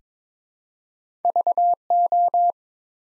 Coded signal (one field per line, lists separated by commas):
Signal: Morse code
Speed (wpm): 22 wpm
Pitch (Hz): 700 Hz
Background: none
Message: VO